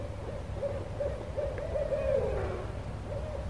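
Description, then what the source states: Barred Owl hoots in a quick run of low, even notes, then a wavering, rising-and-falling phrase, over steady low rumbling background noise. Classic who-cooks-for-you call, traded back and forth between rival males or with the higher-voiced female joining in, used to define territory.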